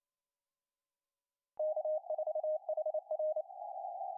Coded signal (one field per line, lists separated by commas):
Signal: Morse code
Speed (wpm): 29 wpm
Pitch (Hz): 620 Hz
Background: none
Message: K4HR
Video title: 1ST TIME RUNNING IN CWT